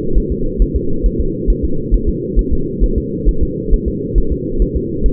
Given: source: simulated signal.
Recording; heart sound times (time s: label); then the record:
fetal heart sounds
0.18 s: S1
0.32 s: S2
0.62 s: S1
0.76 s: S2
1.06 s: S1
1.21 s: S2
1.50 s: S1
1.64 s: S2
1.94 s: S1
2.09 s: S2
2.39 s: S1
2.53 s: S2
2.84 s: S1
2.98 s: S2
3.29 s: S1
3.43 s: S2
3.74 s: S1
3.88 s: S2
4.18 s: S1
4.32 s: S2
4.62 s: S1
4.77 s: S2
5.06 s: S1
From the record:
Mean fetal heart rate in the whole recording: 135 bpm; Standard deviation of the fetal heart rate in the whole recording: 3 bpm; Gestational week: 36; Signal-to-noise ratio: -8.1 dB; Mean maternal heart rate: 72 bpm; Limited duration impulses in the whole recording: absent